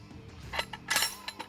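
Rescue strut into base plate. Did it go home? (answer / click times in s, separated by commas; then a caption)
yes / 0.9 s. A rescue strut, chosen in whatever size the situation needs, is brought down into a metal base plate to give it a good solid foundation. Short metallic clinks ring out, with the strongest clink at 0.9 s as the strut clicks in place in the base plate, and lighter taps at about 0.7, 1.3 and 1.5 s.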